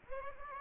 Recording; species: mosquito wingbeat signal from an infrared sensor; Anopheles gambiae